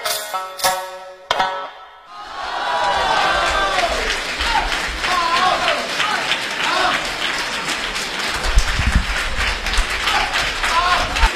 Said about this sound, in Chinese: 您呢也别吝惜了您的掌声。本期录音依旧来自胜利影院的满座相声剧场。